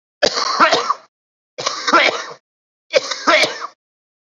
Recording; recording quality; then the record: heavy voluntary cough; excellent, no background noise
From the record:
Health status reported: COVID-19 positive, mild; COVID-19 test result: positive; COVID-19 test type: RT-PCR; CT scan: not taken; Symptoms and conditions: cold, fever, another respiratory illness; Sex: male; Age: 27 years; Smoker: no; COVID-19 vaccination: both doses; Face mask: worn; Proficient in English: yes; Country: India